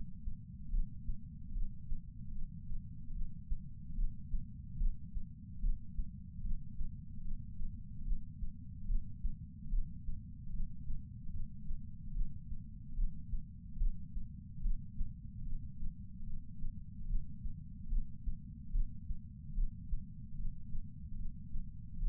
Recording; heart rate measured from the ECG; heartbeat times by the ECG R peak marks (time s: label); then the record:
heart sounds by patch sensor on the chest; 73 bpm
0.70 s: heartbeat
1.53 s: heartbeat
2.32 s: heartbeat
3.12 s: heartbeat
3.95 s: heartbeat
4.77 s: heartbeat
5.60 s: heartbeat
6.42 s: heartbeat
7.22 s: heartbeat
8.03 s: heartbeat
8.86 s: heartbeat
9.69 s: heartbeat
10.51 s: heartbeat
11.31 s: heartbeat
12.12 s: heartbeat
12.94 s: heartbeat
13.77 s: heartbeat
14.61 s: heartbeat
15.43 s: heartbeat
16.24 s: heartbeat
17.06 s: heartbeat
17.88 s: heartbeat
18.71 s: heartbeat
19.54 s: heartbeat
20.35 s: heartbeat
21.16 s: heartbeat
21.98 s: heartbeat
From the record:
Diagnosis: coronary artery disease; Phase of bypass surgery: preoperative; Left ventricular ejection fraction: 32.2%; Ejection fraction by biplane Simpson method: 32%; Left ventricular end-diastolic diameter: 64 mm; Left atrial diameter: 40 mm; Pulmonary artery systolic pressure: 18 mmHg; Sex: male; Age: 49 years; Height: 175 cm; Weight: 80 kg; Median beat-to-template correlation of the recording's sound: 0.84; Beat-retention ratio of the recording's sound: 1.00